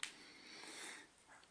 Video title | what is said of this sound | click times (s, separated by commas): 12v Camera Hack | till it clicks like so. | 0.0 s